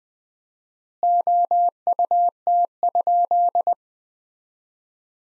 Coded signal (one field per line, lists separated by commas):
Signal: Morse code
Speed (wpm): 20 wpm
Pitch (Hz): 700 Hz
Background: none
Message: OUT?